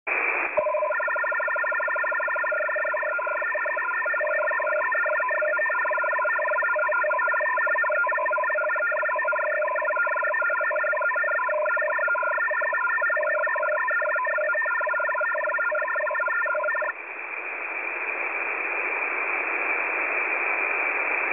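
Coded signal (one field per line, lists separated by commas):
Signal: HF data modem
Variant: F03j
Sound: rapid chattering chords of several short beeping tones over hiss, ending in static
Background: radio static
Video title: F03j Data Mode 16/04/2023 0850 UTC 12229kHz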